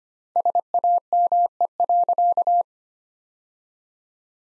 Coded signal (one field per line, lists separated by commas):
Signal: Morse code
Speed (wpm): 25 wpm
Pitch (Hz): 700 Hz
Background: none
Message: SAME.